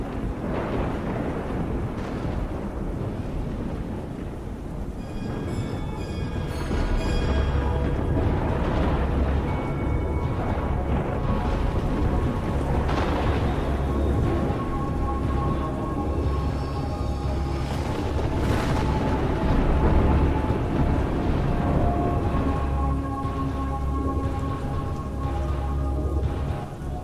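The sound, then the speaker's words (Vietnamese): A thunderstorm rumbles steadily with deep, rolling thunder and a dense wash of rain and wind, broken by sharper crackling bursts as a green lightning bolt strikes the top of a temple and smashes its roof, loud throughout with no voices. “Từ trên bầu trời, giữa cơn mưa gió, một tia sét màu xanh lè giáng thẳng xuống ở trên chóp của ngôi chùa.”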